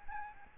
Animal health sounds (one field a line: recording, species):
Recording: mosquito wingbeat signal from an infrared sensor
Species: Aedes albopictus